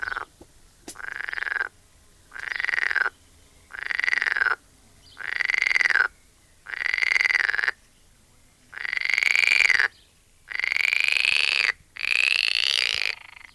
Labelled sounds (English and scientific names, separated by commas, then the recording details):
Edible Frog (Pelophylax esculentus)
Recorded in the wild
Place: Lübars, Benekendorffstraße, Berlin, DE
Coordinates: 52.6167, 13.3469
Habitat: Gartenteich
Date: 2000-04-30 13:15
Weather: heiter, 24°C
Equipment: Nagra SN, Kopie Uher 4000 Report Monitor
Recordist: Tembrock, Günter
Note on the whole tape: Diverse Lautformen, einzelne Tiere im Gartenteich (Entfernung 2-3 m). Gute Laute von Einzeltieren, bei lauten Passagen teilweise Kopiereffekte; sonst sehr gute Aufnahmequalität